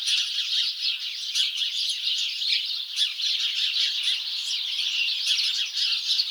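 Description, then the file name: House sparrows chattering in a flock, overlapping chirps with occasional louder sharp calls standing out. "Passer domesticus"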